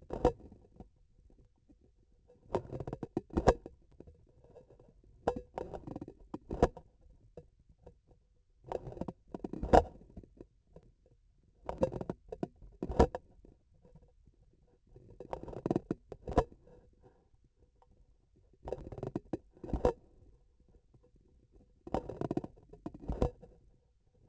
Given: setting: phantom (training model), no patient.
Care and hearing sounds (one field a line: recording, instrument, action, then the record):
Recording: laparoscopic instrument, vibration sensor on the handle end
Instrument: grasping forceps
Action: opening and closing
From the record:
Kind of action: tool actuation without material contact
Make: Olympus